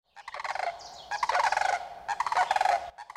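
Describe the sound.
Crane calls: loud rattling, rolling bugles in several bursts, harsh and throaty.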